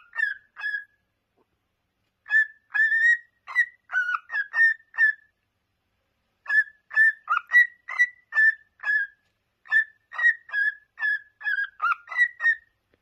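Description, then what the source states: Cockatiel whistled song, bursts of short clear whistles in quick series, separated by brief silent gaps. Several cockatiels singing and whistling.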